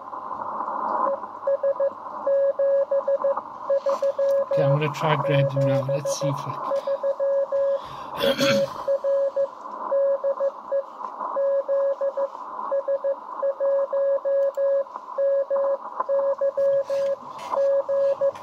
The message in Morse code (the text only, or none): ES 73 73 AR DE ZS1MYG